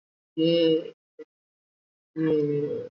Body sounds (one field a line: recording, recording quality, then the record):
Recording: sustained vowel as in made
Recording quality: moderate, slight background noise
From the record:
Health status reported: COVID-19 positive, moderate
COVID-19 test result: positive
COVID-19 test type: RT-PCR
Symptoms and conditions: cough, cold, breathing difficulty, fever, fatigue, muscle pain, loss of smell and taste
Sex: female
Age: 57 years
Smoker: no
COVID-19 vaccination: both doses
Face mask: not worn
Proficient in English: no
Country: India